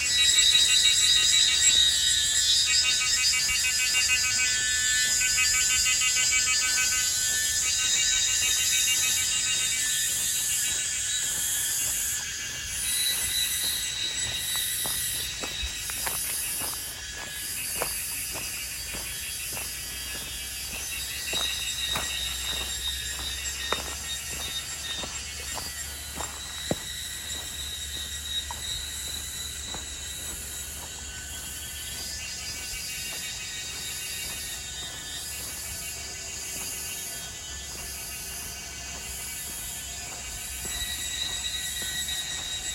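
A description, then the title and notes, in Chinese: A summer morning on Yangmingshan's Erziping trail, filled with a dense, shrill chorus of cicadas and insects that holds steady throughout, with some voices pulsing. Scattered sharp clicks and ticks cluster between about 15 and 30 seconds over a faint low rumble. 夏天早晨的陽明山二子坪步道。除了碎石步道外，一旁還鋪有無障礙的水泥路。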